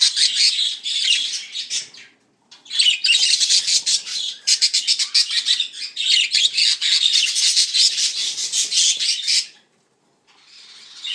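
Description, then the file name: Budgerigar warbling in fast buzzy chatter, broken by two short silences, then a softer stretch of chirping at the end. Show-type budgerigar from a breeder. "vystavocnyi volnistyi popugai cex pitomnik king parrotru"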